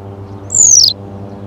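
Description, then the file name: Western yellow wagtail, one piercing, high-pitched note that slurs downward, heard against a low steady hum. "Bergeronnette-printanière- -Motacilla-flava"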